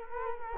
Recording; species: mosquito wingbeat signal from an infrared sensor; Culex quinquefasciatus